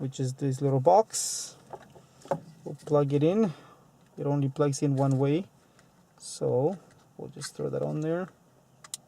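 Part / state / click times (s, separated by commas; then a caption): CAN bus decoder harness connector into the head unit wiring harness / seated / 8.9 s. Someone talks while the keyed plastic connector of a CAN bus decoder harness is pushed onto its mating plug on the head unit wiring harness during a VW Golf radio install. A sharp click sounds at 8.9 s as the connector seats firmly in place.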